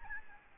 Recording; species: mosquito wingbeat signal from an infrared sensor; Aedes albopictus